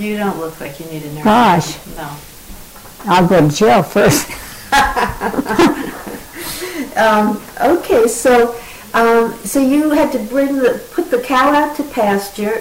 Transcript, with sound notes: You don't look like you need a nursing home.
Gosh.
No.
I'll go to jail first. (laughing)
Um, ok. So, um, so you had to bring the, put the cow out to pasture?